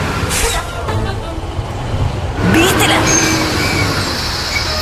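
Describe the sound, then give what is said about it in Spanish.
Heavy YPF trucks rumble past in a steady, loud roar of engines and road noise, with a sharp hiss and a rising engine whine bursting out partway through. “Si los escuchás por todos lados, es porque están por todos lados.”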